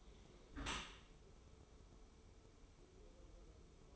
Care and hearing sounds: daily activity, microphone in the room; close dishwasher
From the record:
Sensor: 1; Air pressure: 1015.0 hPa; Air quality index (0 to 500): 24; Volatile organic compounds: 0 ppm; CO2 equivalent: 499 ppm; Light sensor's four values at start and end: 13/30/12/13 and 13/30/12/13

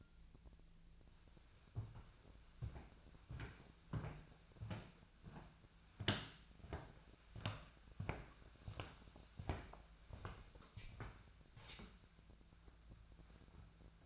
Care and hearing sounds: daily activity, microphone in the room; walk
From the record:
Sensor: 2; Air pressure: 1008.1 hPa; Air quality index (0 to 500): 182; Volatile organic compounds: 10 ppm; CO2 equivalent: 2237 ppm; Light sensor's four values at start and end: 12/29/12/13 and 12/29/12/13

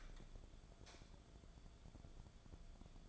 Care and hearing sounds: daily activity, microphone in the room; light on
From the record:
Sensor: 5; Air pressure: 1010.4 hPa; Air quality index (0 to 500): 121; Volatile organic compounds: 2 ppm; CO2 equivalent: 1188 ppm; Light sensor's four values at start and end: 503/1288/533/599 and 504/1292/534/601

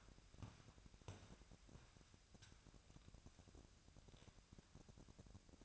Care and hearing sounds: daily activity, microphone in the room; walk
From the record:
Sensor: 2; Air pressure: 1012.0 hPa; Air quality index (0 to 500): 175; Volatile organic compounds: 2 ppm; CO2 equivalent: 1275 ppm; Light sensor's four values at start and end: 42/112/47/52 and 49/119/53/61

